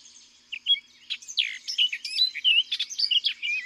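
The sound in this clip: Orchard oriole song, a hurried jumble of sweet whistles, slurred downward notes and short buzzy chatter delivered in one continuous phrase.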